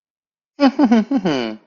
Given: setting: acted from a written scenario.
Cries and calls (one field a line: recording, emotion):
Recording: vocal sound without words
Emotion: pride